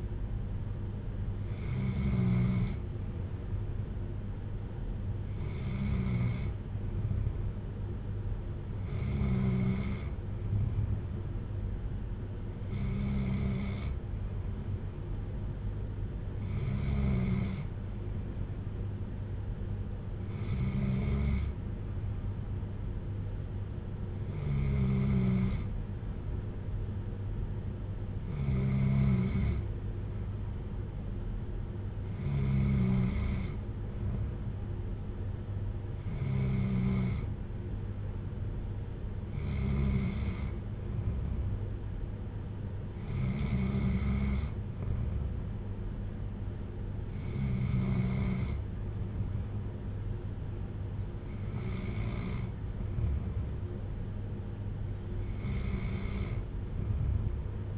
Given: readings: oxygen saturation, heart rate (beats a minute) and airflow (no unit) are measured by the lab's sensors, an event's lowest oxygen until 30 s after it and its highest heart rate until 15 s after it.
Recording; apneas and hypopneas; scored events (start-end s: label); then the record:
breathing in sleep by a smartphone at the bedside; none
none scored
From the record:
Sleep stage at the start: N2 (light sleep); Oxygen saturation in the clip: 94 to 95%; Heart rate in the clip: 55 to 61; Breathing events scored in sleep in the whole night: 310 in 8.1 hours asleep